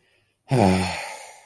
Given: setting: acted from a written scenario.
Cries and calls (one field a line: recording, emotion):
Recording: vocal sound without words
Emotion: anger